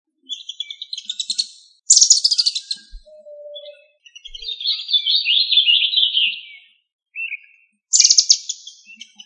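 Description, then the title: Bird song of varied chirpy phrases: quick rattling trills, a sweeping buzzy run, short twitters and a low whistled note, with brief pauses between phrases. "LuckyPassaro Completos2Sama"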